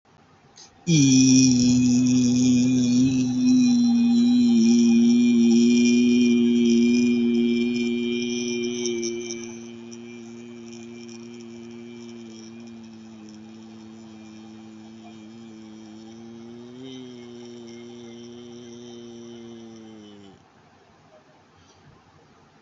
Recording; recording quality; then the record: sustained vowel as in beet; excellent, no background noise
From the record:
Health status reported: healthy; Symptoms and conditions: cold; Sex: male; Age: 22 years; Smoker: not ticked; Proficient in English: yes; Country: India